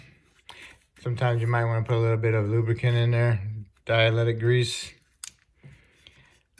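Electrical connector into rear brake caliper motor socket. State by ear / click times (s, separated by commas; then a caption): seated / 5.2 s. On a 2017 Mazda CX-5's rear brakes, an electrical connector, likely for the rear electric parking brake caliper, is lined up by its clip side, given dielectric grease and pushed into the caliper motor socket while someone talks. A sharp click at 5.2 s marks it latching, followed by a few faint handling clicks. The connector is seated and is tugged to check that it holds.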